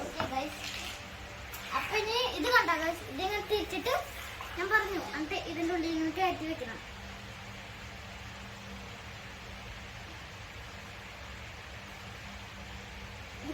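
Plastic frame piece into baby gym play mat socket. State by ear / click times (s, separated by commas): not seated / none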